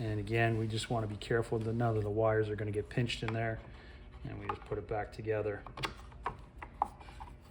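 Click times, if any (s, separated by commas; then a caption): none. Someone talks while the two plastic halves of a Powerbug GT trolley handle housing are brought back together around the new on/off speed-dial switch, keeping the wires from getting pinched. Light rubbing and handling noises follow, with a few small taps between about 6.1 and 6.8 seconds. The housing has not clicked or seated into place yet.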